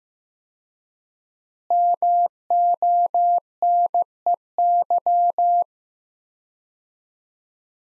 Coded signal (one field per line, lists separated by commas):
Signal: Morse code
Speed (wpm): 16 wpm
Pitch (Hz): 700 Hz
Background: none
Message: MONEY